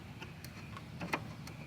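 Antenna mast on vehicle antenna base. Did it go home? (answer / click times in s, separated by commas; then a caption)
yes / 0.2 s, 0.5 s, 1.0 s, 1.1 s, 1.5 s. An aftermarket metal "50 CAL" antenna mast on a Jeep Wrangler's antenna base, replacing the bent original, is turned back a little until it clicks into the desired orientation so its white logo faces out. Several light ratchet-like ticks are heard at 0.2, 0.5, 1.0, 1.1 and 1.5 seconds, the loudest at 1.1 seconds. The mast seats in position.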